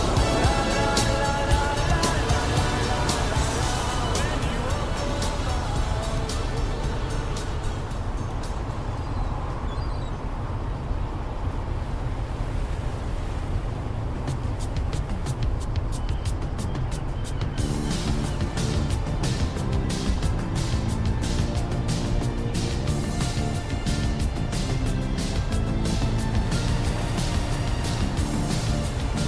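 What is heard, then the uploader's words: A car drives along a coast, its low engine rumble and road hum steady throughout, with faint waves beneath. Radio-like crackle and chattering voice fragments sit on top, thinning out around ten to seventeen seconds, then returning denser and more clicky afterward. An 80s Summer Drive. This video includes the sounds of distant waves against the coast you're driving along, with the crackle of the radio and the rather comforting sounds of the vehicle around you.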